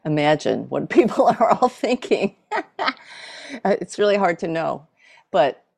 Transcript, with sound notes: imagine what people are all thinking. [laughs] It’s really hard to know. But